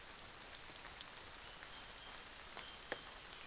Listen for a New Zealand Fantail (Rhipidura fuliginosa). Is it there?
no